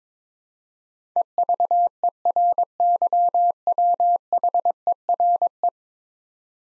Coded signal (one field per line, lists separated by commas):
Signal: Morse code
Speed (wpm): 22 wpm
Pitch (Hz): 700 Hz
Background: none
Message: EVERYWHERE